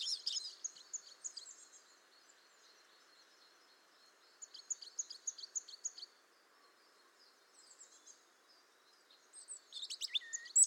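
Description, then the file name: European robin song, fairly soft: high, thin, tinkling phrases in short bursts separated by pauses, with a faint steady hiss underneath. "Erithacus rubecula"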